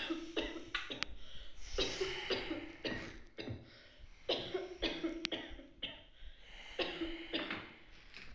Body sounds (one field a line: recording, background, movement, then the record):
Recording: deep breathing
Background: a bystander coughing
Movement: sitting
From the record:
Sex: male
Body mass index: 21.0 kg/m2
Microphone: on the chest, facing the body